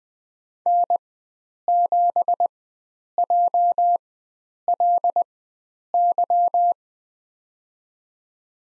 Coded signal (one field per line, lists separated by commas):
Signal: Morse code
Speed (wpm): 20 wpm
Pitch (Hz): 700 Hz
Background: none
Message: N7JLY